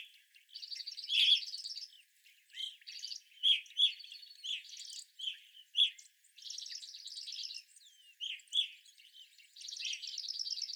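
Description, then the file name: Evening grosbeak chirps scattered between higher, buzzy trilled phrases, the ringing call notes coming singly or in pairs. Several evening grosbeaks recorded on 25 April 2021. "2021-04-25 Evening Grosbeaks"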